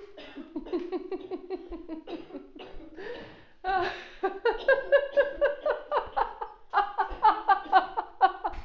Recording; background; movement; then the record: laughter; a bystander coughing; walking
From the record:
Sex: female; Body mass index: 21.8 kg/m2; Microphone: on the chest, facing outward